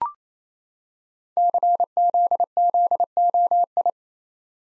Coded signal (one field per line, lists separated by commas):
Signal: Morse code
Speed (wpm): 29 wpm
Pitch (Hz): 700 Hz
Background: none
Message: CZZOI